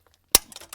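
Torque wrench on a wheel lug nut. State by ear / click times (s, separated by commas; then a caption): torque reached / 0.3 s. A torque wrench set to about 95 ft-lb tightens a lug nut on a pickup truck wheel, with faint ticks before a sharp metallic click at 0.4 seconds. Lighter rattling ticks follow as the wrench ratchets. The click shows the nut has reached its torque setting and is tight.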